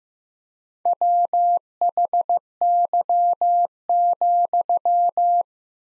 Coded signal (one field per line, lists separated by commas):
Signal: Morse code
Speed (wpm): 15 wpm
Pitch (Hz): 700 Hz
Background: none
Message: WHY,